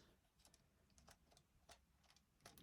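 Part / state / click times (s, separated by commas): movable claw pieces on a plastic transforming toy figure / not seated / none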